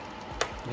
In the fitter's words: make sure you hear that click